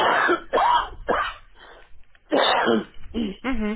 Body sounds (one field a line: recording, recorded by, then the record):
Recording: voluntary cough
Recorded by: telephone call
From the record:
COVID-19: negative